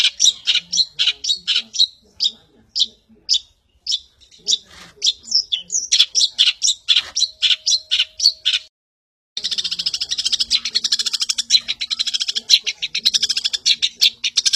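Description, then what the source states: Long-tailed shrike song of rasping, repeated chattering notes about twice per second, growing busier, then a short silence and a rapid, grating buzz of sound. Champion bird, known locally as cendet.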